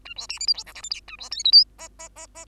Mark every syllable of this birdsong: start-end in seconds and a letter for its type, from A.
0.05-0.14 A, 0.16-0.27 B, 0.29-0.39 C, 0.40-0.47 D, 0.47-0.54 E, 0.54-0.64 F, 0.66-0.74 G, 0.75-0.82 H, 0.83-0.90 I, 0.90-1.00 J, 1.07-1.17 A, 1.18-1.29 B, 1.31-1.44 K, 1.44-1.52 L, 1.52-1.65 M, 1.78-1.88 N, 1.99-2.08 N, 2.16-2.26 N, 2.35-2.45 N